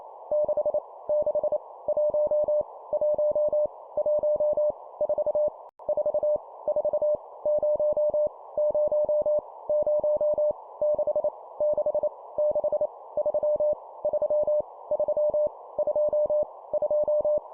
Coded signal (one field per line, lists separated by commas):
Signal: Morse code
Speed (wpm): 28 wpm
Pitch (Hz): 600 Hz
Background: none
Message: 6 6 1 1 1 4 4 4 0 0 0 6 6 6 3 3 3 2 2